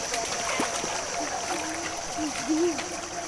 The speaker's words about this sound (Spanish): Aquí ya está la quebrada. ¿Se escucha el agua, Nagabu? Fuerte.